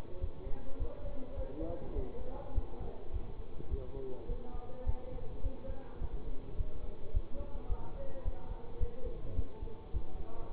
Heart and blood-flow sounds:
heart sounds by stethoscope; between the tricuspid and mitral areas; 105 bpm
0.18 s: heartbeat
0.77 s: heartbeat
1.34 s: heartbeat
1.93 s: heartbeat
2.52 s: heartbeat
3.11 s: heartbeat
3.68 s: heartbeat
4.26 s: heartbeat
4.84 s: heartbeat
5.41 s: heartbeat
5.98 s: heartbeat
6.55 s: heartbeat
7.11 s: heartbeat
7.67 s: heartbeat
8.22 s: heartbeat
8.78 s: heartbeat
9.34 s: heartbeat
9.91 s: heartbeat
10.50 s: heartbeat
From the record:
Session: bicycle stress test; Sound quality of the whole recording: good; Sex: male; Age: 24 years

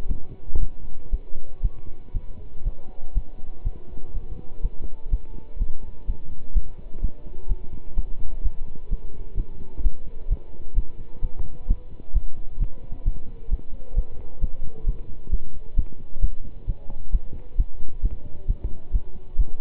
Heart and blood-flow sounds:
heart sounds by stethoscope; between the tricuspid and mitral areas; 128 bpm
0.07 s: heartbeat
0.60 s: heartbeat
1.10 s: heartbeat
1.61 s: heartbeat
2.13 s: heartbeat
2.64 s: heartbeat
3.13 s: heartbeat
3.63 s: heartbeat
4.13 s: heartbeat
4.61 s: heartbeat
5.10 s: heartbeat
5.58 s: heartbeat
6.06 s: heartbeat
6.54 s: heartbeat
7.01 s: heartbeat
7.48 s: heartbeat
7.95 s: heartbeat
8.42 s: heartbeat
8.89 s: heartbeat
9.36 s: heartbeat
9.83 s: heartbeat
10.28 s: heartbeat
10.75 s: heartbeat
11.21 s: heartbeat
11.67 s: heartbeat
12.13 s: heartbeat
12.59 s: heartbeat
13.04 s: heartbeat
13.49 s: heartbeat
13.95 s: heartbeat
14.40 s: heartbeat
14.85 s: heartbeat
15.30 s: heartbeat
15.75 s: heartbeat
16.21 s: heartbeat
16.66 s: heartbeat
17.11 s: heartbeat
17.56 s: heartbeat
18.02 s: heartbeat
18.47 s: heartbeat
18.92 s: heartbeat
19.37 s: heartbeat
From the record:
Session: pedaling a stationary bicycle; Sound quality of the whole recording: good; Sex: male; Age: 27 years

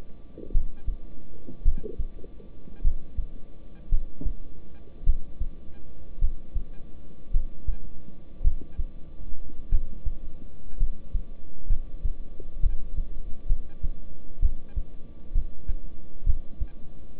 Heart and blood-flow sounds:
heart sounds by stethoscope; between the tricuspid and mitral areas; 57 bpm
0.52 s: heartbeat
1.63 s: heartbeat
2.82 s: heartbeat
3.89 s: heartbeat
5.04 s: heartbeat
6.19 s: heartbeat
7.31 s: heartbeat
8.42 s: heartbeat
9.69 s: heartbeat
10.78 s: heartbeat
11.67 s: heartbeat
12.61 s: heartbeat
13.47 s: heartbeat
14.40 s: heartbeat
15.33 s: heartbeat
16.24 s: heartbeat
From the record:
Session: rest, lying down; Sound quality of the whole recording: good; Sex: male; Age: 26 years

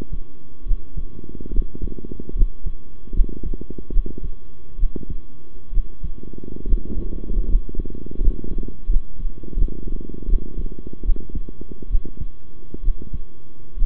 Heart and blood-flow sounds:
heart sounds by stethoscope; between the tricuspid and mitral areas; 73 bpm
0.65 s: heartbeat
1.51 s: heartbeat
2.34 s: heartbeat
3.13 s: heartbeat
3.91 s: heartbeat
4.78 s: heartbeat
5.72 s: heartbeat
6.66 s: heartbeat
7.47 s: heartbeat
8.20 s: heartbeat
8.88 s: heartbeat
9.56 s: heartbeat
10.27 s: heartbeat
11.04 s: heartbeat
11.89 s: heartbeat
12.82 s: heartbeat
13.76 s: heartbeat
From the record:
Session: rest, sitting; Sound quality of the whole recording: good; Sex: male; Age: 23 years

